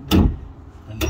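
The motor mover rollers on the chassis of a 2011 Bailey Orion 430 caravan are released by undoing the mover levers, so the rollers swing back off the tyres. Two sharp clicks are heard at 0.1 s and 1.0 s as they click back into place, with a low rumble and rattle in between.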